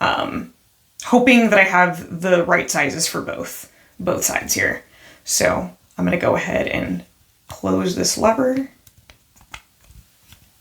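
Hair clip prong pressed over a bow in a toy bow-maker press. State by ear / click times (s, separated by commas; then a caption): not seated / none. Someone talks while getting ready to close the lever of a plastic Hello Kitty toy bow-maker press to clamp a hair-clip prong over a fabric bow. After the talking, a few faint, short handling taps are heard near 8.9, 9.1, 9.5 and 10.3 seconds. Nothing has seated or snapped closed yet.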